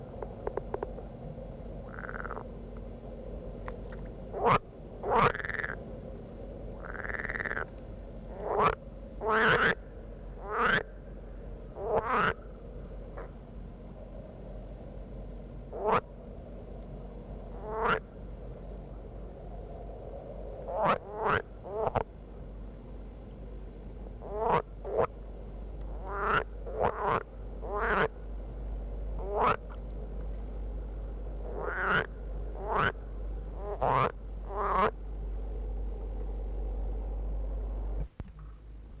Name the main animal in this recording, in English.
Edible Frog